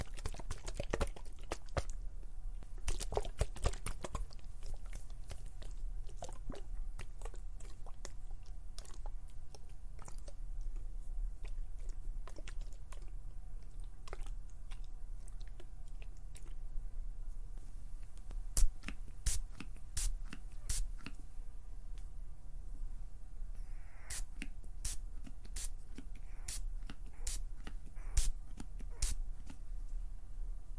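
Small, dry clicks and snaps from plucking, pinching and finger fluttering come in irregular bursts over a low steady rumble. Quick clusters appear near the start, sparser taps fill the middle, and sharper, louder snaps recur in the last ten seconds.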